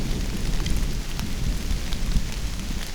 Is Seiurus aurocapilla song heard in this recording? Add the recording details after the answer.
no. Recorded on 24 June 2016 at 07:17. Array SBT-6-76